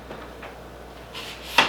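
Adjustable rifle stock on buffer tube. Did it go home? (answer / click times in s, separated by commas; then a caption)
yes / 1.6 s. A six-position ACSL adjustable stock on the buffer tube of a Palmetto State Armory .308 AR10 rifle is slid along the tube, with faint sliding and scraping noises before it. A sharp click at 1.6 s marks the stock locking into a detent position, where it is held in place and does not move.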